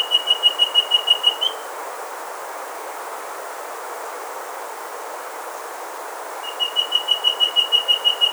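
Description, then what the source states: Rusty-breasted antpitta calling: a quick series of steady, high whistled notes lasting about a second and a half, falling silent, then repeating near the end over a soft, hissy background. Recorded in South America.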